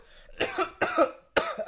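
Three short, rough coughs come in quick succession over under two seconds, each a sharp burst trailing into a voiced, throaty tail, from an adult man. The coughing is productive, with phlegm still in the throat.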